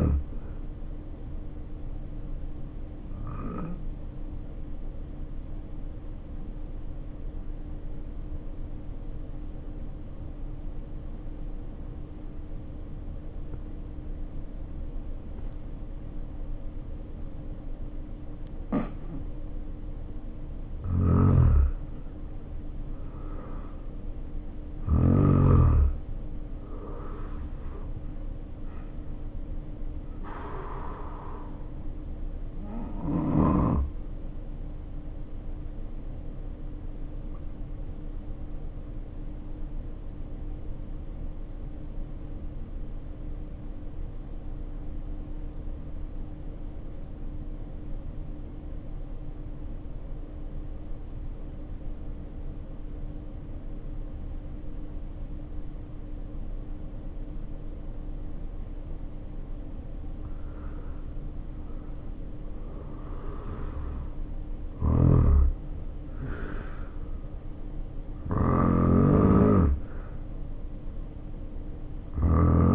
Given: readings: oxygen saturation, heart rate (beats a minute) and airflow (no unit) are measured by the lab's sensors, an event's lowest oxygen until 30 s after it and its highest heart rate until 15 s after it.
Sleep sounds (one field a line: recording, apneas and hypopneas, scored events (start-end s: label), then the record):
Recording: breathing in sleep by a smartphone at the bedside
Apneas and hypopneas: 2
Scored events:
7.00-25.30 s: hypopnea (N1, oxygen 95% highest, then 81% lowest, heart rate 54 at the start, 69 highest)
7.00-67.00 s: new sleep stage, N2 (light sleep)
34.00-60.70 s: hypopnea (N2, oxygen 95% highest, then 80% lowest, heart rate 52 at the start, 72 highest)
67.00-72.75 s: new sleep stage, N1 (lightest sleep)
From the record:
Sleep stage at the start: N1 (lightest sleep)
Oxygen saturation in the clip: 81 to 95%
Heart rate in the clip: 52 to 72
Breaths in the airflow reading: 8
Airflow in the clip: -4.8 to 8.1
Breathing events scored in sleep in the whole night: 520 in 7.2 hours asleep